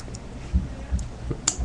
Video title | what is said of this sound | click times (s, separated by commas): how to do everything: wireing a tooless keystone jack | It will want to fight with you, but make sure you hear that click y'all just heard. | 1.5 s